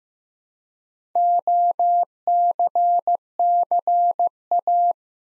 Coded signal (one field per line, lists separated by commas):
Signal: Morse code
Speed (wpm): 15 wpm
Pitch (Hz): 700 Hz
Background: none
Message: OCCA